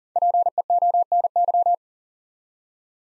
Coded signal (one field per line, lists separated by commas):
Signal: Morse code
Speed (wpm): 43 wpm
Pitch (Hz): 700 Hz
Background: none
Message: PEONY